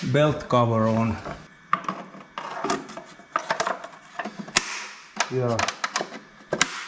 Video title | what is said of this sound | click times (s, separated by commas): Diesel pump timing ⏱️ VW T4 2.4D AAB engine | Ouais, ça s'enclenche. | 6.6 s